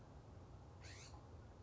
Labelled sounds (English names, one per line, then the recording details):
California Scrub-Jay
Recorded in Sonoma County, California